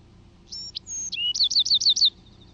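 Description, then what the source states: Bewick's Wren song: scattered high introductory notes followed by a quick run of several crisp, evenly spaced slurred notes. Adult male, one sharp, crisp song; he sings each song up to 50 times in a row before switching; one example of each of four songs heard.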